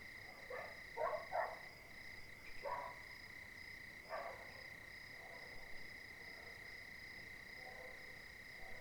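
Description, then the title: Dog barking, a quick cluster of short barks near the start, then scattered fainter barks, over steady high-pitched cricket chirring throughout. Several dogs barking at night, 02:59, 20 January 2019, quartier des Étangs, Cilaos, Réunion; nearest dog silent, farther dogs heard with crickets; neighbourhood overrun with dogs. "CILAOS quartier des Étangs - 20190120_02h59 chiens pour la nuit"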